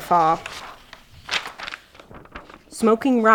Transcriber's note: page turning sounds